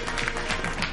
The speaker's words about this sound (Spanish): Aplausos.